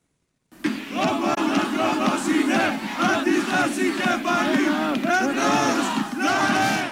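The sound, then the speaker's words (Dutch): A large crowd of thousands of students in Greece, protesting against the Greek education plans, chants slogans in unison, voices loud and continuous with rhythmic rising and falling shouts, a dense roar of many people filling the whole clip after a brief silent start. “In Griekenland hebben duizenden studenten geprotesteerd tegen de Griekse onderwijsplannen.”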